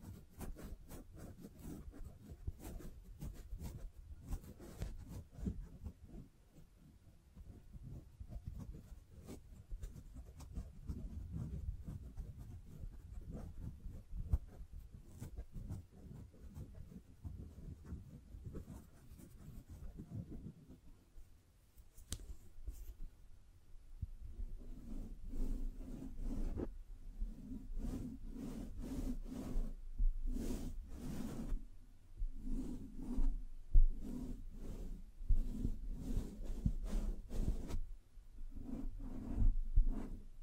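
Scratching and tracing fill the first twenty seconds as a dense, low, rustling rub with small sharp ticks. After a brief lull near the twenty-one second mark, steadier tapping takes over in regular bursts with a low, knocking tone, some hits crisp and bright.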